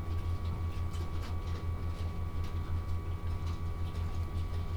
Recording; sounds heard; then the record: poultry house recording; no chicken sound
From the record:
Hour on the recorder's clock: 16